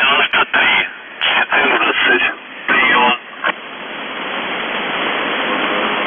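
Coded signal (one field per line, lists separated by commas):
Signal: numbers station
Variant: UVB-76 voice message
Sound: a few short spoken words over shortwave radio, then steady static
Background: radio static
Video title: The Buzzer/UVB-76(4625Khz) August 9, 2021 15:36UTC Voice message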